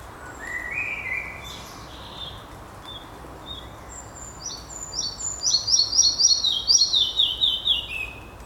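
Red-breasted flycatcher calling: a few scattered thin notes, then a fast, loud, falling series of sharp repeated notes, about four a second, over steady background noise.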